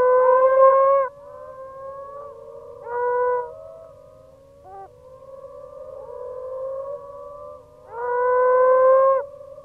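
Moaning frog giving long moaning notes: a loud one opens and another closes the passage, with quieter drawn-out moans and a short note between.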